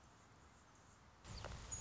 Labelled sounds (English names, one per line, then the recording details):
Anna's Hummingbird
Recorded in Sonoma County, California